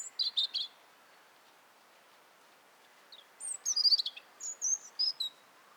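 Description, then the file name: European robin song: a few short high notes, a pause, then a longer phrase of thin whistles and warbled trills, each note high and clear. "Erithacus rubecula"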